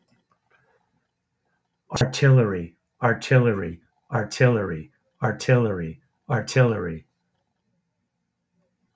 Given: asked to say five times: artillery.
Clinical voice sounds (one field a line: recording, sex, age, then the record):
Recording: repeated word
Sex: male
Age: 50 to 59 years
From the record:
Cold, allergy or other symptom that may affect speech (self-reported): no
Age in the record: 55 years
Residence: New Jersey, United States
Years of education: 20